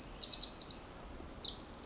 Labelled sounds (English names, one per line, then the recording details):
Pacific Wren
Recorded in Sonoma County, California